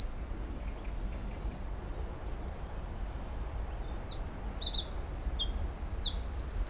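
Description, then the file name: Eurasian wren song bursting in after a few opening notes and a quiet stretch: a fast cascade of high, thin notes and quick trills over constant low rumble. "Troglodytes troglodytes"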